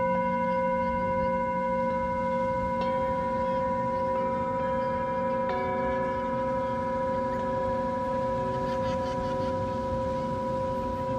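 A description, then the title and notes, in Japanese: A singing bowl rings with steady, sustained tones that hold through the whole clip, a low hum beneath and several brighter overtones above. Constant rushing noise from waves and wind fills the background, with a few faint clicks and brief sounds around three and five seconds. メキシコのビーチにて満月と新月に大体合わせて地道の方達と集っています。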